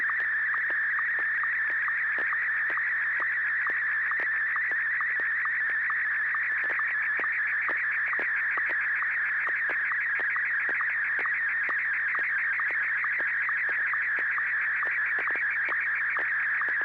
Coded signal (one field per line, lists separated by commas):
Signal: SSTV (slow-scan television)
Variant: Martin 1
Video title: N6NA SSTV Net - 08/16/2023